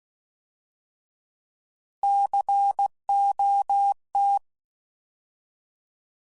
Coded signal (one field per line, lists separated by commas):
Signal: Morse code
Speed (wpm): 16 wpm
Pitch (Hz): 800 Hz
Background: none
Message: COT